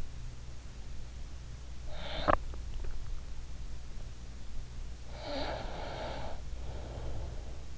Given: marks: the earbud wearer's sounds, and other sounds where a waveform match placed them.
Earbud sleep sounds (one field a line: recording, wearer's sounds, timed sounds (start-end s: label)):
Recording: sounds in sleep by an in-ear microphone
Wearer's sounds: breath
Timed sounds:
1.71-2.91 s: breath
5.09-7.78 s: breath